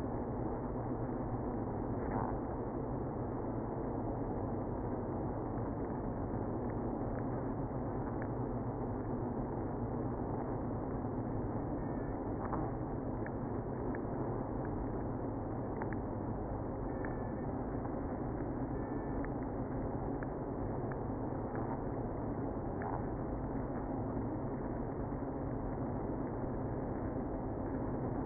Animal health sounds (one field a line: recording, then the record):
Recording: honeybee colony, microphone inside the hive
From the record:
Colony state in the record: queenless (queen removed)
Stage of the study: after two queens were removed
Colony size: about 60,000 bees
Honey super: yes